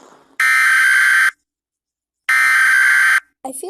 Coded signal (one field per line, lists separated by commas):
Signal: Emergency Alert System (SAME) tones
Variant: header bursts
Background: speech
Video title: eas alarm rating (;